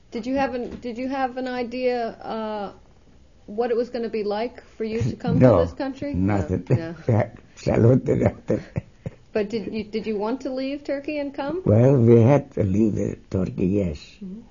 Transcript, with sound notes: Did you have, did you have an idea, uh, what it was going to be like for you to come to this country?
No, nothing. (He laughs.)
But, did you want to leave Turkey and come?
Well, we had to leave Turkey, yes.